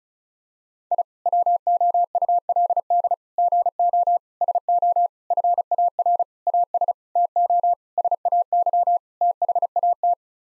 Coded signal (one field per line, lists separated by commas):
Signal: Morse code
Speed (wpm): 34 wpm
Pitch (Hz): 700 Hz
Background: none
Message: I WOULD GO SO FAR AS TO SAY THAT